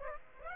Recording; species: mosquito wingbeat signal from an infrared sensor; Aedes aegypti